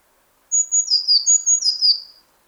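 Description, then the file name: Eurasian blue tit singing two linked phrases, each a high thin whistle dropping into a brief, slightly lower jangling flourish, with no other noise. "Cyanistes caeruleus"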